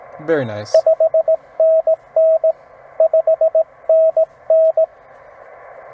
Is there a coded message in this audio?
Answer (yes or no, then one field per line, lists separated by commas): yes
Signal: Morse code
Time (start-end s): 0.7-4.8 s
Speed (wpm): 16 wpm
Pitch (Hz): 660 Hz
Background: speech, radio noise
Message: 5NN 5NN